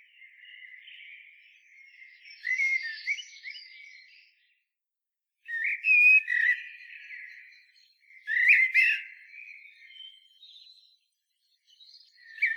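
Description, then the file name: Common blackbird singing mellow fluted phrases with thin squeaky high notes, separated by short pauses. "Turdus merula"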